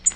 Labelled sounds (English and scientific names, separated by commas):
Tennessee Warbler (Leiothlypis peregrina) flight call